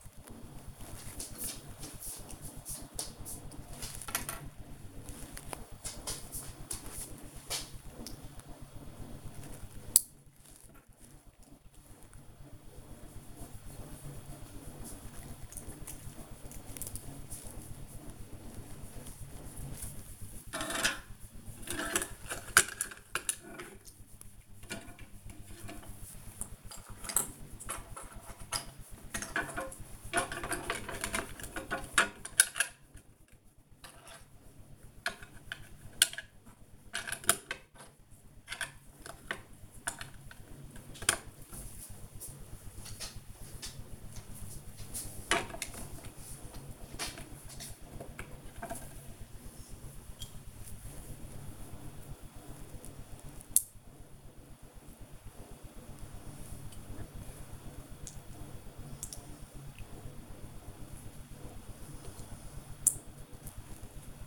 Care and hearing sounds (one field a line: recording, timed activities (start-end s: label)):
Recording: household activities, microphone on the right wrist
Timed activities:
0.00-45.77 s: building with lego
47.77-64.27 s: building with lego